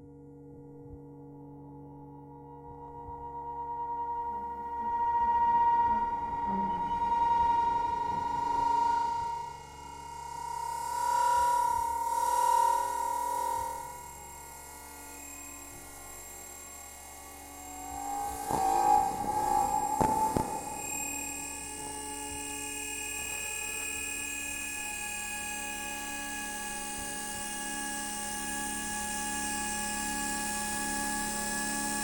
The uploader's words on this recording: This interlude is a sonic representation of the mass transit hub that is Bank/Monument Tube Station. It comprises of recordings of the EM signals produced each of the underground lines that converge there. These include the Northern line, Central line, District line and the Waterloo & City line. The signals were captured with the use of an EM coil pick up.